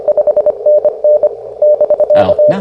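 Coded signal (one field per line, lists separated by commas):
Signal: Morse code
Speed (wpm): 23 wpm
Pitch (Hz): 590 Hz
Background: none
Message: 5NN <BK>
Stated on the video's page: Morse Runner contest simulator used as a game for CW copy practice.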